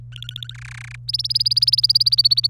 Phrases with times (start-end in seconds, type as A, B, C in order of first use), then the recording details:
0.12-0.54 A, 0.55-0.96 B, 1.08-2.47 C. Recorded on 27 April 2018 at 15:25. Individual llb3